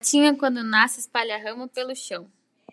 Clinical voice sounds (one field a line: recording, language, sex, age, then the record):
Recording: short text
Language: Brazilian Portuguese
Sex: female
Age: 18 to 19 years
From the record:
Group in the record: control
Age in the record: 19 years